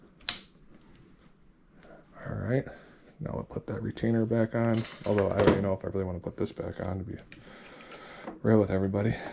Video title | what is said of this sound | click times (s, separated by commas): Fix Maytag Dishwasher with Dual filtration with replacement of secondary filter how to | Just twist it. And you should hear a click. | 0.3 s